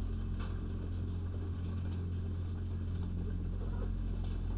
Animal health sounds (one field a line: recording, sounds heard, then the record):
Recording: poultry house recording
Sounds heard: healthy chickens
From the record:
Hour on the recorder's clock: 19